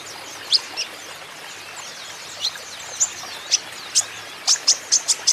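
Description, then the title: Van Hasselt's sunbird song: a few thin notes, then a quickening series of piercing high chips toward the end. Caged young green-plumaged (konin ijoan) kolibri ninja in energetic (gacor) song; used as a lure and for training so untrained konin birds answer. "KOLIBRI NINJA KONIN IJOAN GACOR COCOK UNTUK PANCINGAN TERAPI KONIN BAHAN PASTI NYAUT"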